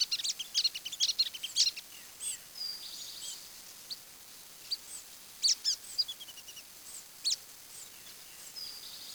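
Bird chirps in quick high bursts at the start, then a brief thin trill and sparser sharp notes.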